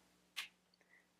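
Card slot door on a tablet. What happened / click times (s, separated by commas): The small plastic door popped open / 0.4 s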